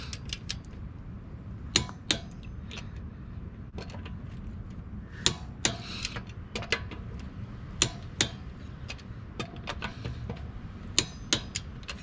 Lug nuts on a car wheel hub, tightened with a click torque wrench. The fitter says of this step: Okay, these are all set. Once you hear that click, then it's at your torque specifications that you set in the tool.